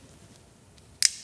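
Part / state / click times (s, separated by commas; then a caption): mains power plug into weatherproof inlet socket on a camper battery box / seated / 1.0 s. A weatherproof twist-lock mains plug, the plug that goes with the 240 V, 13 A inlet socket on a camper battery box, is pushed into the socket and locked. A quiet faint tick at 0.8 s comes before a sharp bright click at 1.1 s. The click at 1.1 s is the plug locking in place, fully seated.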